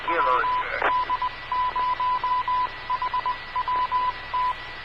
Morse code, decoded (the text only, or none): WD0HWT